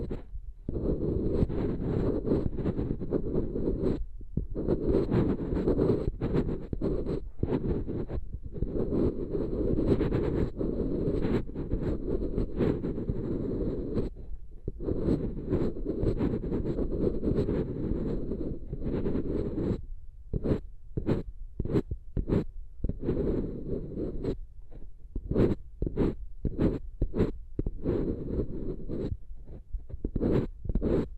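Eardrum treatment sound: a dense, muffled low rumble with a faint thin high tone above it. Brief drops to near silence break it up irregularly at first, then come quicker and more rhythmically after about twenty seconds, giving a throbbing, pulsing feel.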